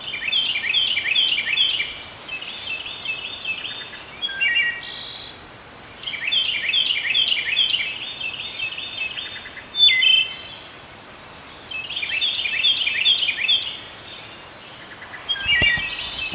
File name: Wood Thrush - Hylocichla mustelina